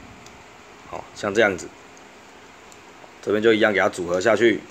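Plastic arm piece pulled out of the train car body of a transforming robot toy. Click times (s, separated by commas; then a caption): 1.0 s. On the second side of an F.toys Shinkarion Doctor Yellow shinkansen transforming robot box toy, the plastic arm piece is pulled out of the plastic train car body until it locks. A short click is heard at 1.0 s, and someone talks before and after it. The arm piece seats in place.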